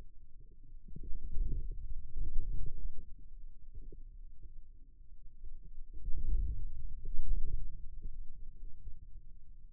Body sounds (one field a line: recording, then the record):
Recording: forearm muscle sounds (acoustic myography)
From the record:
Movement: inward rotation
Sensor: system 2, bracelet of six BSWA MPA416 microphones around the upper forearm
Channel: 2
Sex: male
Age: 22 years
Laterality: right